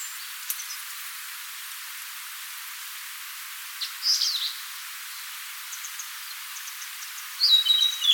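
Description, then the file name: Blue-and-white flycatcher giving two brief whistled phrases a few seconds apart, with faint high chirps in between. "Cyanoptila cyanomelana"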